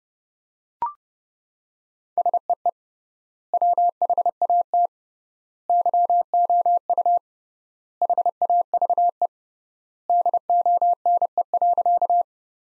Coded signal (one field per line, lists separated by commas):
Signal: Morse code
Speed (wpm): 31 wpm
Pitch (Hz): 700 Hz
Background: none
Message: SEE WHAT YOU HAVE DONE.